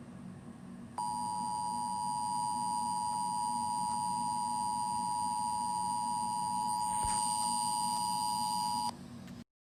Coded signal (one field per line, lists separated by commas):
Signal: Emergency Alert System (SAME) tones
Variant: 853 and 960 Hz attention tone